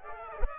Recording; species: mosquito wingbeat signal from an infrared sensor; Aedes aegypti